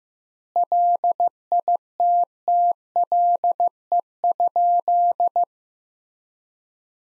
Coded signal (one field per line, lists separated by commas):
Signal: Morse code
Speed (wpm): 15 wpm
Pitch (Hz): 700 Hz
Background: none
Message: LITTLE?